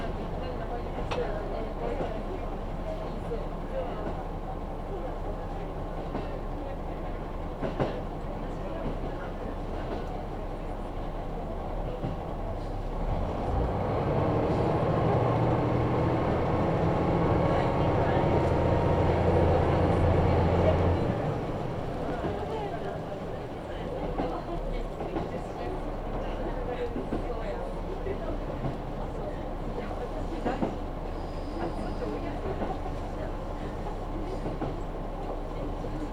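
A train rolls along a local line with a steady low rumble. From about 13 to 21 seconds the running noise swells louder and rougher before settling back, with occasional clanks and knocks and faint voices in the background.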